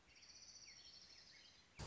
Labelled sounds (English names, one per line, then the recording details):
Orange-crowned Warbler
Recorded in Sonoma County, California